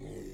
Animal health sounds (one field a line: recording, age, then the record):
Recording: pig call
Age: weaner (32 to 43 days)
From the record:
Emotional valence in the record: negative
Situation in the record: long isolation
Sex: female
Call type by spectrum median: low-frequency call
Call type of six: low-frequency stable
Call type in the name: low-frequency stable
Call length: 0.34 s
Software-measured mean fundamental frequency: 51 Hz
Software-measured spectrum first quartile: 164 Hz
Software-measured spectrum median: 345 Hz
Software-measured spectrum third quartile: 708 Hz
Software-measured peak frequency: 371 Hz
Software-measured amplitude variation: 93 dB a second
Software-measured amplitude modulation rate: 25.3 a second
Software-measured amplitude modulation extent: 3.7 dB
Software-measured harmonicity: 2.2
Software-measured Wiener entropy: -0.36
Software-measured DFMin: 1095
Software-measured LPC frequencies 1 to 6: 396, 1987, 3562, 4664, 5500, 6464 Hz